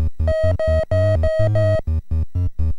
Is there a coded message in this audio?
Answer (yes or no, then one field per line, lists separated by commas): no